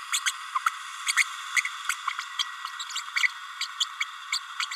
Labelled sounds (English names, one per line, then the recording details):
Green-rumped Parrotlet babbling
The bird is a female
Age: 30 days
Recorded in a nest box in Venezuela
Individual 17B32A7